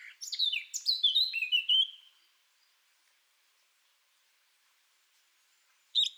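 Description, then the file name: Eurasian blackcap song: a fast warbled phrase ending in fluting whistles, followed by several seconds of quiet and a brief final note. "Sylvia atricapilla"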